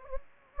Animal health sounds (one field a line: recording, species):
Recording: mosquito wingbeat signal from an infrared sensor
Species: Anopheles gambiae